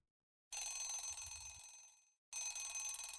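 A loud, shrill alarm clock goes off at 4:15, ringing in a rapid metallic trill, cuts off briefly after about two seconds, then starts ringing again with the same harsh, buzzing tone.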